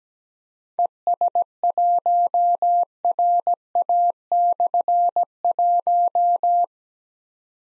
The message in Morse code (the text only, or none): ES1RA/1